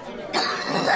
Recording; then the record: coughing mixed with background sound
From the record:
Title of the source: choking, hacking coughing